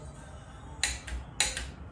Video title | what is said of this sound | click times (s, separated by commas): 1986 Toyota mr2 cyilinder head installation | So you're just waiting for the little click. | 1.4 s